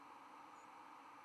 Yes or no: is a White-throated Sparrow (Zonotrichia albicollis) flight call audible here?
no